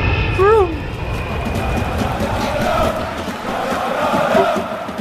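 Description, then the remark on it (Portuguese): A voice imitates an airplane with a brief rising-and-falling vocal swoop, followed by a few seconds of steady, breathy rushing noise, fairly loud and rough. “Essa foi a pior imitação de avião que eu...”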